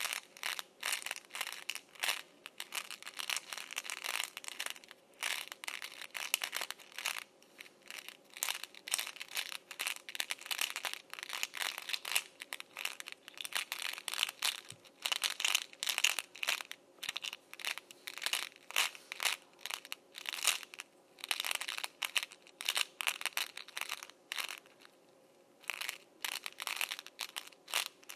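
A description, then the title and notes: Candy rattles and crinkles inside a can, shaken and handled. Dense bursts of bright, gritty clatter and crunching come in irregular clusters throughout, with brief quieter gaps between, and little low end beneath. ASMR Can of M&M’s.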